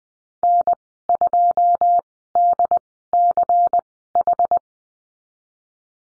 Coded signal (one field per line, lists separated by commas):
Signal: Morse code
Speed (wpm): 20 wpm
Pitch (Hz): 700 Hz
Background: none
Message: N2DCH